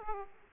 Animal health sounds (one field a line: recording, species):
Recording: mosquito wingbeat signal from an infrared sensor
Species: Aedes aegypti